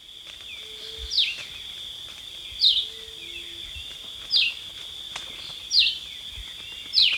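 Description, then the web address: Red-eyed vireo song of five brief, clipped downslurred phrases repeated roughly every one and a half seconds against a constant shrill insect tone. Recorded in Ecuador, South America. "Natures Songs S America Birds of Ecuador Red-Eyed Vireo"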